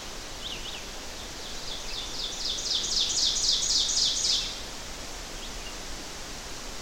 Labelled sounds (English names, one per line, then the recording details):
Ovenbird song
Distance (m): 25 m
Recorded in boreal forest in Alberta, Canada, on 12 June 2016 at 07:54
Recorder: SongMeter 3, array SBT-3-18
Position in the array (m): 249 m, 66 m
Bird 31